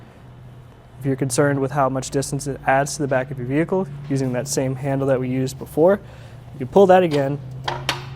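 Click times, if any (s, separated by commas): 7.9 s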